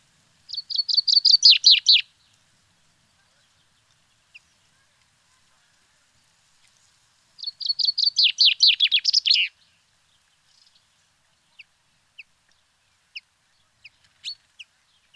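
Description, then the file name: Common chaffinch singing two rattling phrases of rapid repeated notes, each about two seconds long and ending in a flourish, followed by scattered faint chips in a quiet setting. "Fringilla coelebs"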